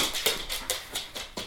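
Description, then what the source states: Dog footsteps, light clicking taps of claws in quick steady succession, about five per second, on a hard floor. Dog walking on linoleum.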